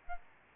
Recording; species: mosquito wingbeat signal from an infrared sensor; Aedes albopictus